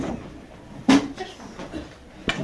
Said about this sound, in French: ferme la porte.